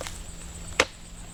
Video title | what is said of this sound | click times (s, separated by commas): Trail Camera Review Mini Series 2024: iZeeker iG500~ Live view cellular trail camera security hybrid | so she snapped in place that part is good | 0.8 s